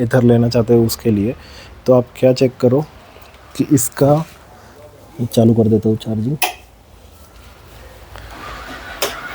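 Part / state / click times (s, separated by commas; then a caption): charging connector into electric scooter charge port / seated / 9.0 s. A charging connector is plugged into the charge port of an Ather 450X electric scooter to start charging. Someone talks for most of the clip, then a sharp click is heard at 9.0 s as the charger locks in place, with the status reading "locked".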